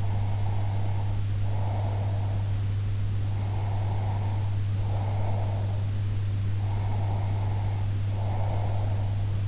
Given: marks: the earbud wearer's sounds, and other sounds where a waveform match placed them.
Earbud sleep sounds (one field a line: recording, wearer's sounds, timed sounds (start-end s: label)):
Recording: sounds in sleep by an in-ear microphone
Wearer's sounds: breath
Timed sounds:
0.00-2.45 s: breath
3.34-5.88 s: breath
6.51-9.11 s: breath